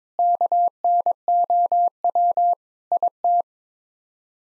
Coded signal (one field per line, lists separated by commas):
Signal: Morse code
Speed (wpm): 21 wpm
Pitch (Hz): 700 Hz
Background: none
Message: KNOW IT